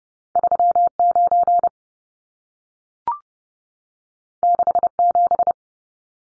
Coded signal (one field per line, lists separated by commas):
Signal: Morse code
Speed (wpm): 30 wpm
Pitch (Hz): 700 Hz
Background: none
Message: 39 67